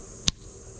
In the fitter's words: So you hear it click.